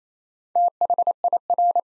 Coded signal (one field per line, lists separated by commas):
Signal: Morse code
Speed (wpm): 28 wpm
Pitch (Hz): 700 Hz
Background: none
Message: THIR